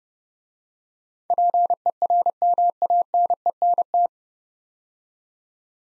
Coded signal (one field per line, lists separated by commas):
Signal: Morse code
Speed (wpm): 30 wpm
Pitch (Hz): 700 Hz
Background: none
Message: PERMANENT